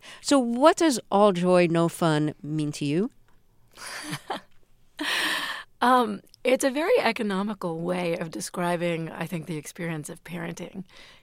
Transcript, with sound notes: So what does all joy, no fun mean to you?
(LAUGHTER)
It's a very economical way of describing, I think, the experience of parenting.